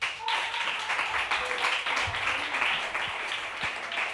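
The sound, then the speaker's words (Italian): An audience at a stand-up comedy night in Milan applauds steadily for the venue, dense overlapping clapping sustained at an even level for several seconds, with a few faint whoops or voices mixed in beneath it. “è la prima volta che salgo sul palco qua a Milano, e quindi un applauso per l'ex Dalge.”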